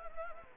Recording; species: mosquito wingbeat signal from an infrared sensor; Anopheles arabiensis